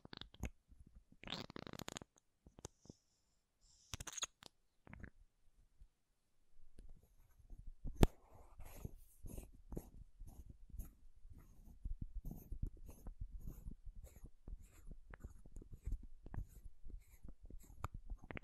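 Makeup tapping and scratching: sparse rustles and scrapes at first, then from about seven seconds a quick, fairly regular run of crisp taps.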